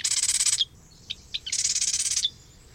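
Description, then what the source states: Marsh wren song: two rapid buzzy rattles of dense repeated notes, separated by a couple of short notes. Male singing alone at dawn in a western marsh in midsummer, staking out territory and attracting mates.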